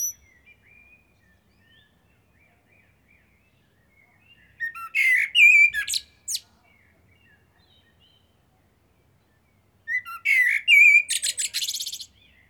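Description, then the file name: Eurasian blackbird song: two separate phrases, each a fluted warble breaking into a rapid, high, scratchy twitter. "Turdus merula"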